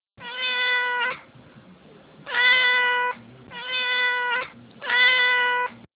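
Cat meowing: four long, steady meows, each lasting about a second, with short pauses between them and a faint background rumble.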